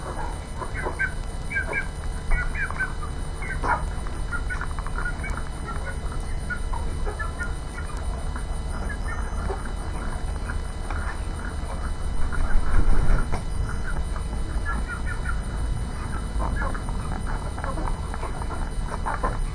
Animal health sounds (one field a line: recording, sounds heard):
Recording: poultry house recording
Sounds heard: sick chickens (respiratory disease)